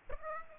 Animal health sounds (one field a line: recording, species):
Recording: mosquito wingbeat signal from an infrared sensor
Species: Aedes aegypti